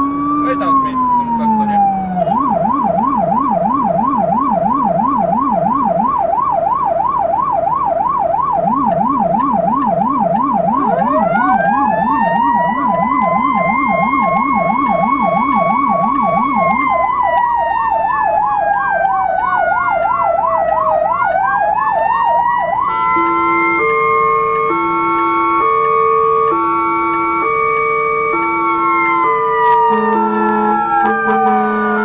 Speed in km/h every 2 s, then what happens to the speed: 88, 88, 88, 88, 87, 86, 84, 83, 83, 76, 74, 72, 73, 69, 67, 65.
0-16 steady at about 87. 16-32 slows to 65.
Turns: none.